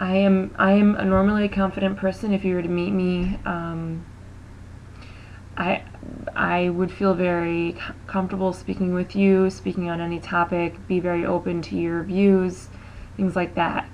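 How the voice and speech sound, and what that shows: An adult woman speaks at a mostly easy pace with whole-word repetitions ("I am, I am", "I, I"), a long filled pause and a drawn-out word. This is mild stuttering with word repetitions and hesitations between fluent stretches. She stutters openly, more so on her own name, repeating its first syllable, with anticipatory anxiety before introducing herself.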